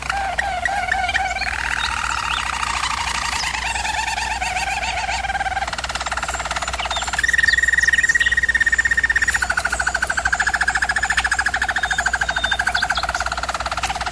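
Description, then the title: German Roller canary song flowing without a break through rolling tours of changing pitch, louder and steadier in the middle, with a faint hum beneath. German Roller canary singing, for canary training. "German Roller Canary Singing - Canary Training Vid"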